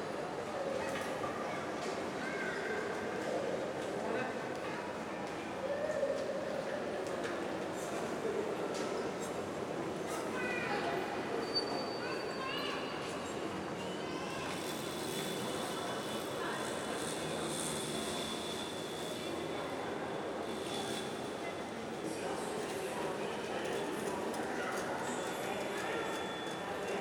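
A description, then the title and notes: A busy airport hall with a dense, steady murmur of many voices, clatter and rolling sounds, and a bright hiss rising midway. Busy European Airpoprt.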